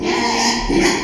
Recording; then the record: squeal of a Yucatan mini pig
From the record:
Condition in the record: after surgery on the right vocal fold (resection and tissue-engineered implant); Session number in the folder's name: 2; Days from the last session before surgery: 13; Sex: male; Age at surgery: 12 weeks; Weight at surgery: 13 kg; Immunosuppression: cyclosporine, prednisolone